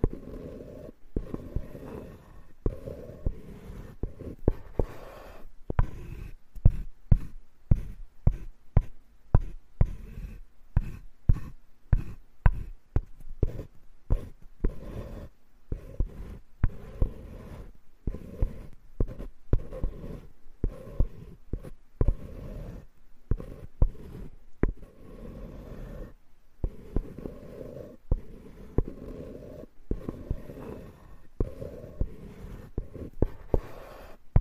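Wood scraping in short, rough strokes that repeat at a quick, fairly steady pace throughout, with brief gaps between many of them. Each stroke is a dry, grainy rasp weighted toward the low and middle range. A denser run of strokes comes between about six and twenty seconds.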